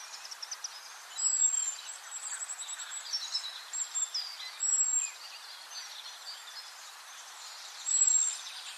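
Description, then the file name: Common blackbird giving thin, high drawn-out whistled calls, repeated several times over about eight seconds, above a busy background of twittering and noise throughout. "Turdus merula"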